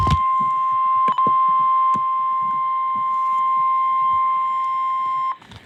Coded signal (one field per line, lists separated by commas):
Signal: Emergency Alert System (SAME) tones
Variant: 1050 Hz attention tone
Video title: Severe Thunderstorm Warning for 2 CTcounties, 1 NY county | 12/19/25 | EAS Captures #20-#21